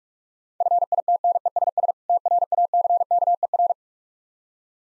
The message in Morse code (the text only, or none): FITNESS TRACKER